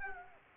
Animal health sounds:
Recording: mosquito wingbeat signal from an infrared sensor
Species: Aedes aegypti

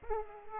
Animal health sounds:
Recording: mosquito wingbeat signal from an infrared sensor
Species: Aedes aegypti

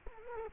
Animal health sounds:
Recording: mosquito wingbeat signal from an infrared sensor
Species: Culex quinquefasciatus

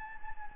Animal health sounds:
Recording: mosquito wingbeat signal from an infrared sensor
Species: Anopheles gambiae

